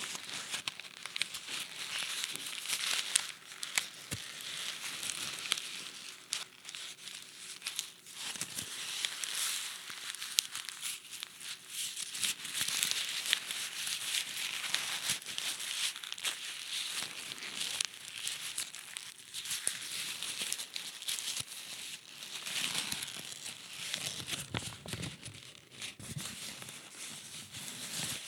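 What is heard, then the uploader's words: Paper is crumpled and crinkled continuously for the whole stretch, a dense, busy rustle of many small crackles with no real pauses. The sound is bright and papery, swelling and easing in uneven bursts, with a few sharper snaps near the four- and eight-second marks. ASMR Crumbling Paper.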